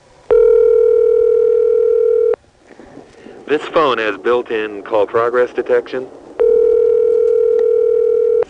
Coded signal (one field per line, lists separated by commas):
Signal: telephone call progress tone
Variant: North America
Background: speech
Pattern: ringback tone